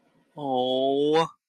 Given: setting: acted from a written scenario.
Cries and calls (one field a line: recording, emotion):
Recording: vocal sound without words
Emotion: adoration